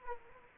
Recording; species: mosquito wingbeat signal from an infrared sensor; Anopheles arabiensis